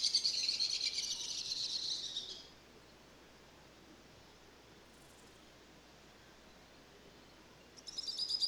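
Bird song: a high, rapid pulsed trill already under way at the start, then a long quiet gap, then the trill starting again near the end.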